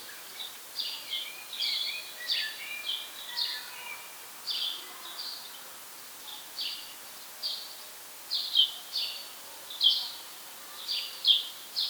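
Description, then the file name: House sparrow chirping: a steady series of short, bright chirps repeated about twice a second, some doubled, a few louder toward the end over a light background hiss. "Passer domesticus"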